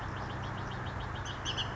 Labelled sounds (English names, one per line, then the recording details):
Bullock's Oriole
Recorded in Sonoma County, California